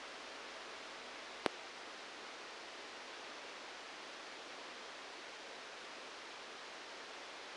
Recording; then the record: brain microelectrode recording played as sound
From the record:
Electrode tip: outside the subthalamic nucleus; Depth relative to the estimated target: -2 mm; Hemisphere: right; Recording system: NeuroSet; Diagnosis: Parkinson's disease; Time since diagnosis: 9 years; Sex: male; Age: 56 years